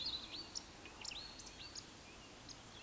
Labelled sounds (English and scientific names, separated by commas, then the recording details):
Eurasian Woodcock (Scolopax rusticola) whistle
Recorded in Baden-Württemberg, Germany, on 26 May 2020 at 19:43 UTC
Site 45304, 487 m above sea level